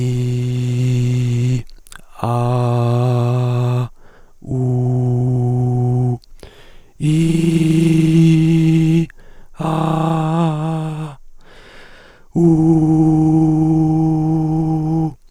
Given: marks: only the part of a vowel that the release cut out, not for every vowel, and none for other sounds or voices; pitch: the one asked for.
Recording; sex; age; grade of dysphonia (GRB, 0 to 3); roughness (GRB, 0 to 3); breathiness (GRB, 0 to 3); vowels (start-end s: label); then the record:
sustained vowels; male; 20 to 29 years; 2; 1; 2
0.00-1.50 s: vowel /i/, normal pitch
2.31-3.74 s: vowel /a/, normal pitch
4.65-6.05 s: vowel /u/, normal pitch
8.18-8.96 s: vowel /i/, high pitch
13.38-15.00 s: vowel /u/, high pitch
From the record:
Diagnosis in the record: hyperfunctional dysphonia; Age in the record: 29 years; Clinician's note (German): Hyperfunktionelle Dysphonie